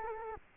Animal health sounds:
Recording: mosquito wingbeat signal from an infrared sensor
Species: Culex quinquefasciatus

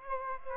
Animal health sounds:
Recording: mosquito wingbeat signal from an infrared sensor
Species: Aedes aegypti

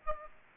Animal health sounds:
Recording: mosquito wingbeat signal from an infrared sensor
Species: Aedes aegypti

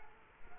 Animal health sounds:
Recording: mosquito wingbeat signal from an infrared sensor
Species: Culex quinquefasciatus

